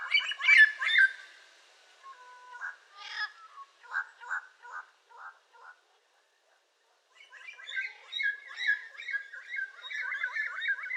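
Yellow-crowned amazon squawking: a harsh, loud burst, then a run of short clipped notes, a pause of about one and a half seconds, and a rapid raspy chatter to the end.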